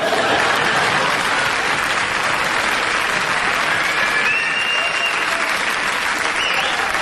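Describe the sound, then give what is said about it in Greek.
Sustained applause from an audience, a dense steady patter of many hands clapping at an even loudness for several seconds, with no voices standing out above it. “Μην το παίζουμε να με χειροκροτήσουμε τώρα.”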